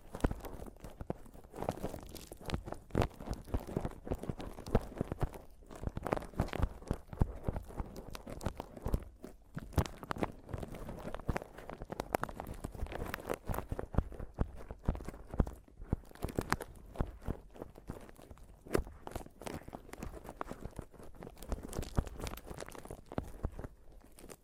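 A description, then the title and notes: Fingers tap and scratch on a microphone, making a dense run of short, dull knocks with rough scraping between them. The hits come quickly and unevenly across the whole stretch, mostly low and thumping, some with a brighter crackle, and occasional brief pauses. ASMR Mic Tapping and Scratching (No Talking).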